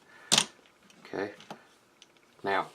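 During the transformation of a Power of the Primes Roadtrap plastic toy robot figure, a limb part is brought down into its peg hole. Two sharp plastic ticks at 0.3 and 0.4 s mark the part seating in place. Someone then talks briefly.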